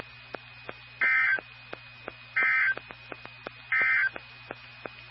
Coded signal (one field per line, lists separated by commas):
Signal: Emergency Alert System (SAME) tones